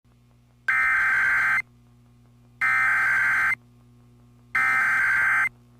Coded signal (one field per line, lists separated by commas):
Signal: Emergency Alert System (SAME) tones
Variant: header bursts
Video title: WRCI-FM EAS Required Monthly Test (RMT) - 11/15/2023